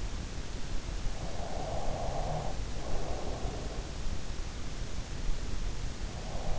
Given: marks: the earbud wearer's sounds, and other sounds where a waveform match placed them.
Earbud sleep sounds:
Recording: sounds in sleep by an in-ear microphone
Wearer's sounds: breath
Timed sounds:
1.45-4.23 s: breath

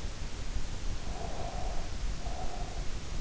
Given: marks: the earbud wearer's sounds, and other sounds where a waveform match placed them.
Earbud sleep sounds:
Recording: sounds in sleep by an in-ear microphone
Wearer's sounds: breath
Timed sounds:
1.13-3.02 s: breath

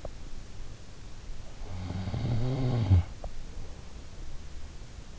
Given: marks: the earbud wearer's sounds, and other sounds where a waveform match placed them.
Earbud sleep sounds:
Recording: sounds in sleep by an in-ear microphone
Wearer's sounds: snoring breath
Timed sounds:
1.33-3.90 s: snoring breath

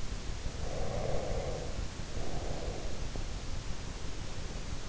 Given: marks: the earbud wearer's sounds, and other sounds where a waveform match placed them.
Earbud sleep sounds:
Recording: sounds in sleep by an in-ear microphone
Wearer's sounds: breath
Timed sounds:
0.43-3.13 s: breath

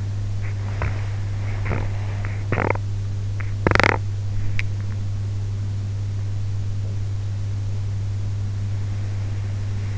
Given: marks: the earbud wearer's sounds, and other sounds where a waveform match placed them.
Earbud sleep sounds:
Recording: sounds in sleep by an in-ear microphone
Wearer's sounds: swallowing, teeth grinding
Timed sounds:
0.00-1.22 s: swallowing
1.45-4.18 s: teeth grinding

